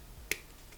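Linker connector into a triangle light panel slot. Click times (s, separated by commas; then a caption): 0.3 s. A plastic linker connector is pushed into the slot of a plastic triangle light panel (Nanoleaf Mini Triangles Shapes). It seats with one sharp click at 0.3 s, confirming the connector is locked in and done.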